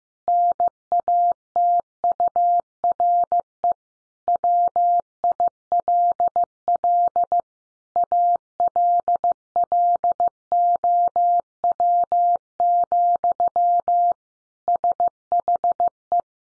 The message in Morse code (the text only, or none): NATURE WILL ALLOW, SHE